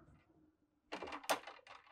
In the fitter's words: and it locks into place for travel